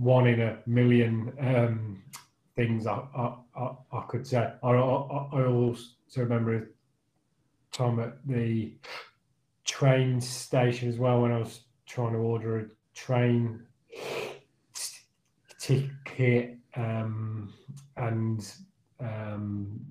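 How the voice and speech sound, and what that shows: Adult male speech with repeated 'I, I, I' word repetitions, broken part-word repeats and long silent blocks, typical of stuttering.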